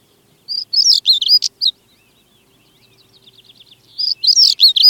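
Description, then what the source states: Stonechat song: two brisk, scratchy, warbling phrases, separated by a faint run of quick, thin repeated notes. Singing, with skylarks heard in the background.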